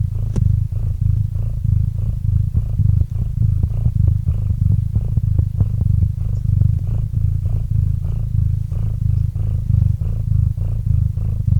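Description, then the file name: A cat purrs in a low rumble with quick pulses, after a brief click near the start. Domestic cat named Murchik purring into a microphone. "Kot Murchik - Murchanie kota kot murchal v mikrofon"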